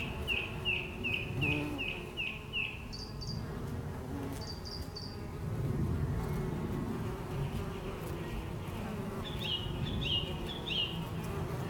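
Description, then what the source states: Bees humming in a thick, low continuous buzz, overlaid by a bird's rapid series of short chirps at the start and more twittering near the end. Recorded July 2012.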